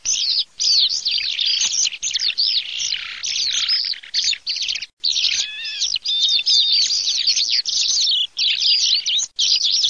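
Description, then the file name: Eurasian skylark singing a continuous, high-pitched warbling stream of rapid twittering and trilled notes, barely pausing across the whole passage. "ALLODOLACIP"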